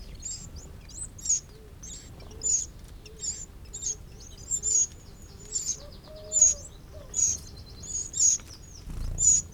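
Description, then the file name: Eurasian wren uttering short, hard, high ticks in a repeated series over light background noise. "Troglodytes troglodytes"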